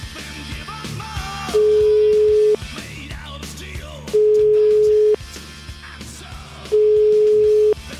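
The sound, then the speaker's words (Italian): A telephone ringback tone sounds three times, each a steady, loud, mid-pitched beep lasting about a second, separated by short pauses, over a busy musical background, as radio host Cruciani of Radio 24 places a call on air. “Vediamo un po'. Telefono, telefono, vai.”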